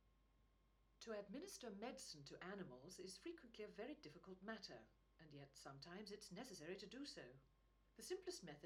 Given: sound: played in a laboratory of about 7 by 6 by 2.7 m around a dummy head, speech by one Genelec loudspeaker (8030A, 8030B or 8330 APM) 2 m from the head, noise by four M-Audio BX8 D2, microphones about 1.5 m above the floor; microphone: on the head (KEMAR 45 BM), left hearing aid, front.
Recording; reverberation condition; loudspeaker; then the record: female speech in English; low; 90 degrees to the left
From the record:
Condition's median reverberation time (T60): about 310 ms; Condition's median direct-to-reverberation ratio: about 3.5 dB